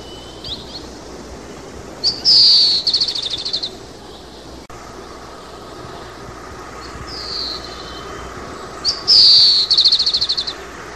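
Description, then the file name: Oriental greenfinch song: two phrases, each a bright descending buzz then a quick rattling trill, with softer twitters between them. "방울새"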